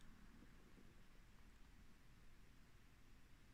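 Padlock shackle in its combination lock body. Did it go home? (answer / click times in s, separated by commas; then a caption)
no / none. While decoding an Abus 78/50 combination padlock, tension is kept on the metal shackle and the dial is turned anti-clockwise in the hope of releasing it. Only a steady low rustling noise is heard, with no sharp sounds. The shackle has not clicked open yet, though it gave a little.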